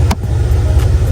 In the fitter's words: Yan, naka-lock na 'yan.